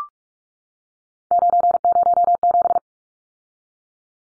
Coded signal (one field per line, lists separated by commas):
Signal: Morse code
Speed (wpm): 44 wpm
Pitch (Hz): 700 Hz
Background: none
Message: 907